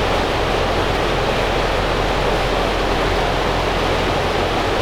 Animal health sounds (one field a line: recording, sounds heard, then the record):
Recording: poultry house recording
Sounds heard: no chicken sound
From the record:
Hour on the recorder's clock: 13